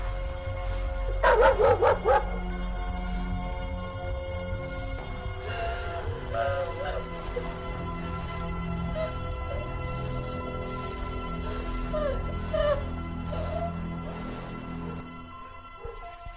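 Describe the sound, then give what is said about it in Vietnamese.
Village dogs bark at night in a loud quick cluster near the start, then scattered, fainter barks and yips follow over a steady low background hum. “Giữa đêm trường tiếng khóc vang đi rất xa, có lẽ vì vậy nên có tiếng chó sủa từ trong xóm.”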